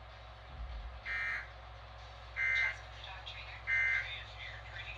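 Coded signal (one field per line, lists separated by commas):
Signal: Emergency Alert System (SAME) tones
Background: speech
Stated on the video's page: Flash flood warning received on eleven stations, flash flood statement on one station.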